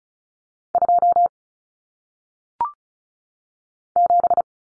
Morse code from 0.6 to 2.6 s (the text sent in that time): 2